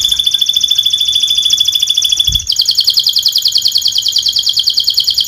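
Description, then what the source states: Canary singing a continuous rapid high rattling trill that shifts to a different trill midway, with a brief low thump. Vigorous singing canary (gacor) praised for the best cengkok phrasing and most luxurious isian fill-in notes; Indonesian songbird-keeping (kicaumania) context.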